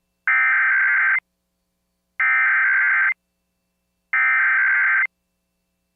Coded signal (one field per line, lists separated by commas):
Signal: Emergency Alert System (SAME) tones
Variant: header bursts